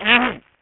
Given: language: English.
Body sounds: throat vibration sensor signal played as sound; throat clearing

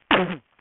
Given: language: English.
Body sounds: throat vibration sensor signal played as sound; cough

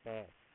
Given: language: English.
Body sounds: throat vibration sensor signal played as sound; speech

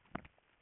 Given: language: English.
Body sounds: throat vibration sensor signal played as sound; swallow

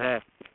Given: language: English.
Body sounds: throat vibration sensor signal played as sound; speech

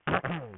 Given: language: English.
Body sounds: throat vibration sensor signal played as sound; throat clearing

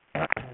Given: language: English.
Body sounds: throat vibration sensor signal played as sound; throat clearing

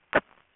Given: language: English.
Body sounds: throat vibration sensor signal played as sound; cough

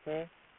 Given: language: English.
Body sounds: throat vibration sensor signal played as sound; speech

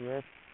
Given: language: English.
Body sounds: throat vibration sensor signal played as sound; speech

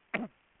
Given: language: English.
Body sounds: throat vibration sensor signal played as sound; cough

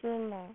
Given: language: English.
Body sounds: throat vibration sensor signal played as sound; speech

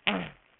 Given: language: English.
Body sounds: throat vibration sensor signal played as sound; throat clearing

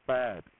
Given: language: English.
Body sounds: throat vibration sensor signal played as sound; speech

